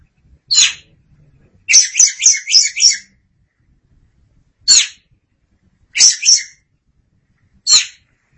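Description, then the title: Oriental magpie-robin song: single loud sharp notes and a rapid run of four buzzy, harsh syllables, high-pitched phrases separated by pauses. "Suara Kicauan Burung Kacer Durasi Panjang"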